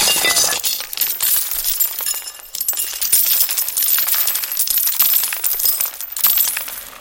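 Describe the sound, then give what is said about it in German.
A painted porcelain piggy bank is smashed and coins spill out, a dense, bright clatter of clinking metal and shards that keeps rattling steadily for several seconds, with no voices. “Mein Schwein war ein Sparschwein aus Porzellan.”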